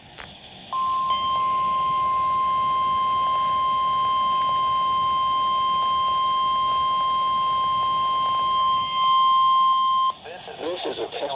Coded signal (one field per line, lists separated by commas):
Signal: Emergency Alert System (SAME) tones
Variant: 1050 Hz attention tone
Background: speech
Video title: Required Weekly Tests 12/17/2025 EAS#16-17